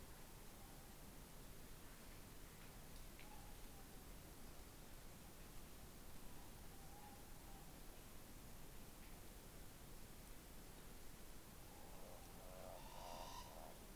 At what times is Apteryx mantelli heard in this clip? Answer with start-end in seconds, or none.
none